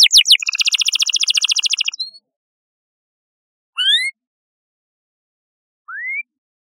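Canary song: a fast buzzy high trill for about two seconds, then silence broken by two separate rising whistled notes.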